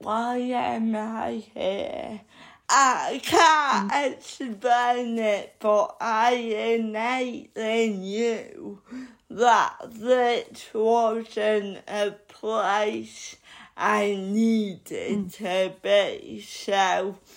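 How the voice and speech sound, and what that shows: Adult woman speaking with dysarthria due to cerebral palsy; her speech is slow, with drawn-out syllables and pauses between phrases.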